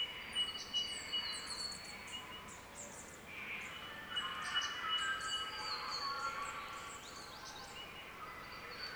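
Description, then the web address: Birds singing in chorus: rapid high chip series and long thin whistles continue over a soft warbling wash, with short bursts of louder notes. Mixed birdsong chorus recorded in Central Victoria, Australia. "andrewskeoch. Central Victorian Birdsong Chorus"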